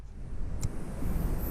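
A plastic part, likely an electrical connector, is handled on a Ford Crown Victoria engine during reassembly after a valve cover gasket replacement. Steady low rumbling background noise is heard, with one brief, sharp high-frequency burst near 0.6 s. Nothing has seated or clicked yet.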